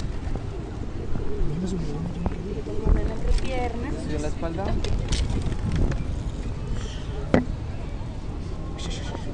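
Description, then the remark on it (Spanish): Low, soft pigeon coos roll out in a few throaty bursts from pigeons gathered around people, over a busy background of outdoor noise and murmuring voices. “El señor tiene una paloma en la espalda.”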